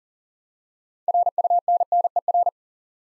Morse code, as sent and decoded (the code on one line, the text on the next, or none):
.-. ..- -. -. . .-.
RUNNER